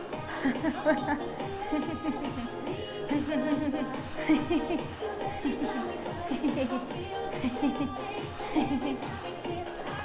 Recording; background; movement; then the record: laughter; music; sitting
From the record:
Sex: female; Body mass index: 22.6 kg/m2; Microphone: on the chest, facing outward